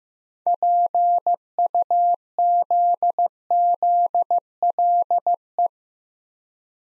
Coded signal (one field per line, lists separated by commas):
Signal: Morse code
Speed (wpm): 15 wpm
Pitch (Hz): 700 Hz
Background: none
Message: PUZZLE